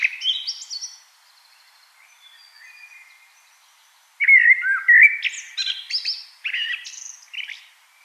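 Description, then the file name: Common blackbird song: the tail of a high twittering phrase, a quiet pause, then a fuller fluted warble with squeaky high notes. "Turdus merula"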